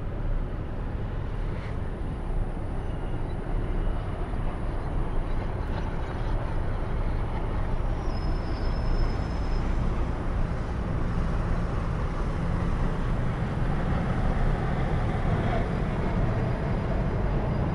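A car ride at night in the city, with a steady low road rumble that stays dense and even throughout. Faint passing sounds and a brief high whine around eight to nine seconds sit over the constant drone.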